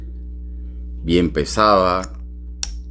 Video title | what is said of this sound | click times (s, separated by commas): no compres esta fragancia sin ver este video (bharara king) | el c se tranca bien ahí y vamos | 2.6 s